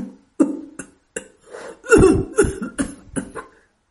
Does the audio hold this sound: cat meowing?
no